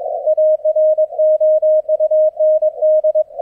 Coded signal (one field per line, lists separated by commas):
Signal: Morse code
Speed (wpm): 22 wpm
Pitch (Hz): 620 Hz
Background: none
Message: AROUND